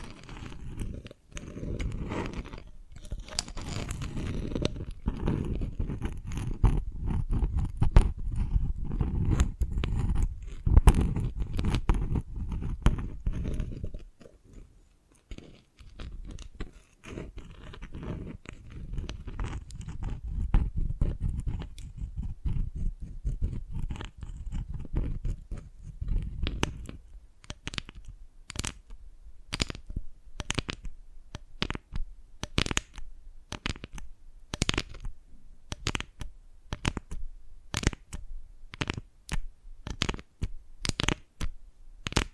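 Tapping and cracking on dalgona candy, with dense crunchy scraping and clicks through the first half, a brief lull near 14 seconds, then more crunching. From about 27 seconds the sounds turn into sharp, separate taps, fairly regular, several per second.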